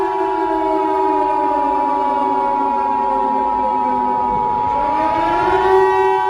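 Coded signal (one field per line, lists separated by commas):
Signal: Emergency Alert System (SAME) tones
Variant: 853 and 960 Hz attention tone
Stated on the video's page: Fictional EAS scenario, simulated rather than a real alert.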